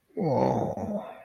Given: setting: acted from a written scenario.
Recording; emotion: vocal sound without words; interest